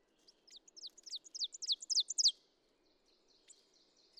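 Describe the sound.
Ovenbird song of quick, high, repeated chirping phrases rising in volume to an abrupt end, followed by a few soft scattered notes.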